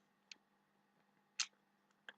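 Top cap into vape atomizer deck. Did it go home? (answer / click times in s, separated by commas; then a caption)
yes / 0.3 s, 2.1 s. The top cap of a Geek Vape Zeus RTA rebuildable tank atomizer is pushed into the two notches on its deck, then twisted to lock. Sharp clicks at 0.3 s and 2.1 s frame a louder, longer scraping burst around 1.4 s. The cap goes in and is locked firmly in place.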